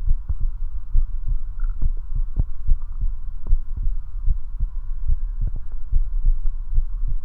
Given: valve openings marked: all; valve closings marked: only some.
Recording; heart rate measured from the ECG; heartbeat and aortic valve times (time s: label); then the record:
heart sounds by stethoscope; 72 bpm
0.09 s: heartbeat (ECG mark)
0.18 s: aortic valve opens (echo mark)
0.41 s: aortic valve closes (echo mark)
0.96 s: heartbeat (ECG mark)
1.04 s: aortic valve opens (echo mark)
1.29 s: aortic valve closes (echo mark)
1.84 s: heartbeat (ECG mark)
1.90 s: aortic valve opens (echo mark)
2.16 s: aortic valve closes (echo mark)
2.70 s: heartbeat (ECG mark)
2.77 s: aortic valve opens (echo mark)
3.01 s: aortic valve closes (echo mark)
3.51 s: heartbeat (ECG mark)
3.60 s: aortic valve opens (echo mark)
3.82 s: aortic valve closes (echo mark)
4.28 s: heartbeat (ECG mark)
4.37 s: aortic valve opens (echo mark)
4.59 s: aortic valve closes (echo mark)
5.10 s: heartbeat (ECG mark)
5.17 s: aortic valve opens (echo mark)
5.42 s: aortic valve closes (echo mark)
5.94 s: heartbeat (ECG mark)
6.02 s: aortic valve opens (echo mark)
6.26 s: aortic valve closes (echo mark)
6.76 s: heartbeat (ECG mark)
6.84 s: aortic valve opens (echo mark)
From the record:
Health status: healthy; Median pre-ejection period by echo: 78 ms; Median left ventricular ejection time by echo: 237 ms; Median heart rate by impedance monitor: 71 bpm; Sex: male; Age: 21 years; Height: 170 cm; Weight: 85 kg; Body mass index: 29.41